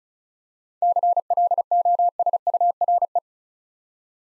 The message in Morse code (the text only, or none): CLOSURE